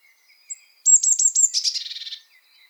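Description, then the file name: Eurasian blue tit call: a short string of high, piercing notes dropping into a dry, buzzy chatter that fades out. "Cyanistes caeruleus"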